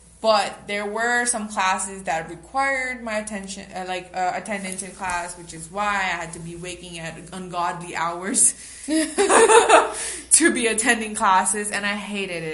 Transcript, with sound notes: But there were some classes that required my attention, like a time entry class, which is why I had to be waking at ungodly hours [laugh] to be attending classes, and I hated it.